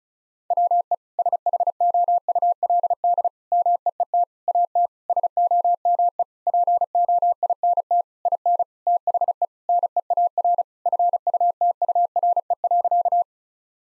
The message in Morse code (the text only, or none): WE SHOULD MEET AT SOME POINT IN THE NEAR FUTURE.